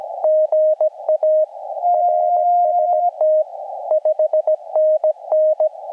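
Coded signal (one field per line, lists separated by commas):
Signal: Morse code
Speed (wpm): 17 wpm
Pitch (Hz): 620 Hz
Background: radio noise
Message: GA RST 5NN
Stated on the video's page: Portable POTA CW activation from a Norwegian nature reserve in rain, using an FT-891, with pile-up, North American DX, slow sending and fading.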